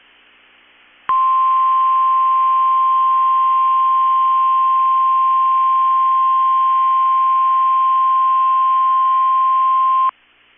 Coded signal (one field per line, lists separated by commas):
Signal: Emergency Alert System (SAME) tones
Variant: 1050 Hz attention tone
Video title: 4/6/22 - KEC65 Required Weekly Test (EAS #417)